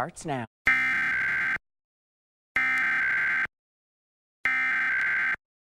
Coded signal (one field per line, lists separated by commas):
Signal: Emergency Alert System (SAME) tones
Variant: header bursts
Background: speech